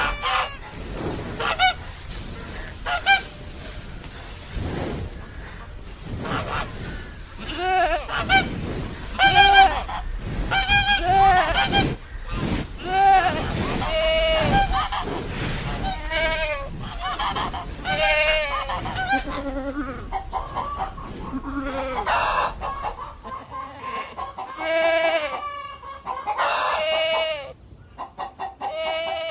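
Farm animals, mostly geese, honk and cackle in dense overlapping bursts throughout, with sharp calls rising and falling every second or so.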